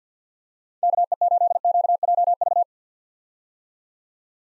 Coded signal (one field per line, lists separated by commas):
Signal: Morse code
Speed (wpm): 50 wpm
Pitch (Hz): 700 Hz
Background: none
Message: KE8QJV